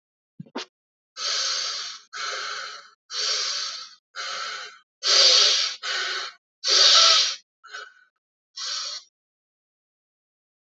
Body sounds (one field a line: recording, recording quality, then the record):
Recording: shallow breathing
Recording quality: excellent, no background noise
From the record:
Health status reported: healthy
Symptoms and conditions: none ticked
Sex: male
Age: 26 years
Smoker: not ticked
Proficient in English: yes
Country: India